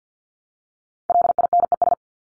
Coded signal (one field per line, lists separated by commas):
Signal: Morse code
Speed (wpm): 50 wpm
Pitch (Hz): 700 Hz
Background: none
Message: LINES